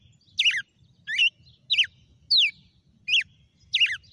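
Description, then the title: Red-cowled cardinal song: loud, clear downslurred whistles, six notes in about four seconds. Female. "Canto Galo Campina Fêmea 06. GALO DE CAMPINA FENRIR - HJ FOI AÇOITE VIU??"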